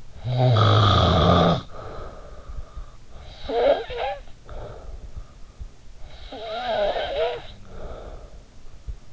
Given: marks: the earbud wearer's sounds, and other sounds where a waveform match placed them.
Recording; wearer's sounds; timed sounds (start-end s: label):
sounds in sleep by an in-ear microphone; snoring breath
0.00-5.05 s: snoring breath
5.91-8.74 s: snoring breath